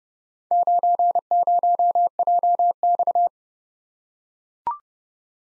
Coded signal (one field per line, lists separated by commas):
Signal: Morse code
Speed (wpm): 30 wpm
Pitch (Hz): 700 Hz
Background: none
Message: 90JX